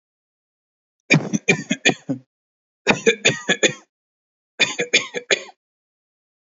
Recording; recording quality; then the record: shallow voluntary cough; excellent, no background noise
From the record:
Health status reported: healthy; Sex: male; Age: 24 years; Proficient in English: yes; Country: India